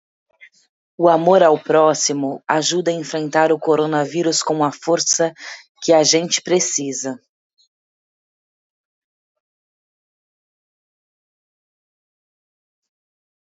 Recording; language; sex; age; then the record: spoken sentence; Brazilian Portuguese; female; 30 to 39 years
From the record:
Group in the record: control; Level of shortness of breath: 0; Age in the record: 34 years